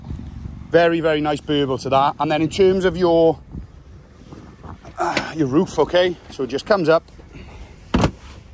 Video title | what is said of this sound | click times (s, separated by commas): Mazda MX5 Z-Sport | pops into place | 7.9 s